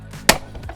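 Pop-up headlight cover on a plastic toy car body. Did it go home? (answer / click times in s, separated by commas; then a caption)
yes / 0.3 s. A plastic pop-up headlight cover on a toy car body is popped back up and seats with one sharp, loud click at 0.3 s. A few faint taps and rustles come before and after the click.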